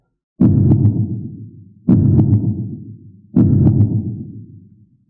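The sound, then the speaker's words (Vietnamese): Three deep, booming heartbeat thumps at a slow, even pace, each one loud and resonant with a low rumbling tail that fades before the next beat. No voices. “Tiếng tim đập truyền ra, mỗi tiếng đập là trái tim lại rung lên một cái.”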